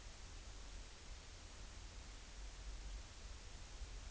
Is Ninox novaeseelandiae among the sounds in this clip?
no